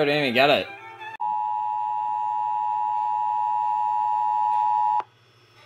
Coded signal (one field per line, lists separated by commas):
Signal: Emergency Alert System (SAME) tones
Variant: 853 and 960 Hz attention tone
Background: speech, music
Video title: EAS 5650-5656 KDKA Tests from 3/04/24